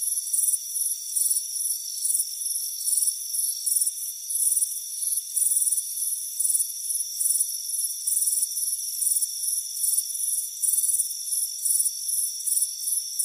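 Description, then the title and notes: Dense cricket chirping, fast high bursts running almost continuously with a thin steady drone beneath. Chirping on a warm afternoon by a front porch. "Soothing Crickets Chirping Sound. It's a warm afternoon as you relax in a hammock on the front porch. Deep Sleep Sounds"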